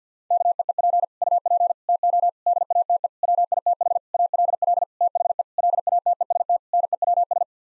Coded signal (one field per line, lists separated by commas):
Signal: Morse code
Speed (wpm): 50 wpm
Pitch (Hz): 700 Hz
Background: none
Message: KEEP UP TO DATE WITH ALL THE LATEST NEWS